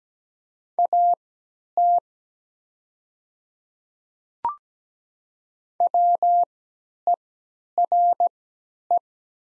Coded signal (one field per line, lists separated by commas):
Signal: Morse code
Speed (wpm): 17 wpm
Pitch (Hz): 700 Hz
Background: none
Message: AT WERE